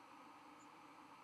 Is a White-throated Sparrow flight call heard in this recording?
no